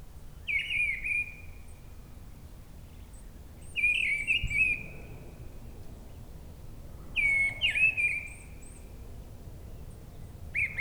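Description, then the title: Mistle Thrush song in three clear, ringing phrases of fluty notes with thin high squeaks, each followed by long pauses, and the start of a fourth at the end, over quiet low background noise. Singing high at the top of a tree at a forest edge near Brison-Saint-Innocent, France; Sunday, grey weather, 10°C; frequent aircraft passing from a nearby airport. "Brison-Saint-Innocent, France - Grive draine"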